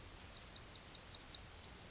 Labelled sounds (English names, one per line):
Yellowhammer song